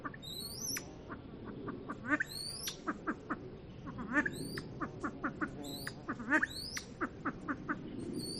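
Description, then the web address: Silver pheasant clucking repeatedly, with stronger accented notes, while shrill rising whistles recur throughout. "lophura-nycthemera-sound"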